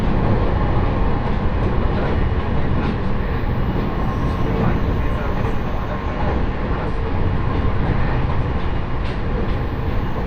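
A train on the Joban Line rolls along with a steady, dense rumble that stays loud throughout. Faint clicks and knocks from the wheels and car come through every second or so over the constant low roar, with no clear change in pace.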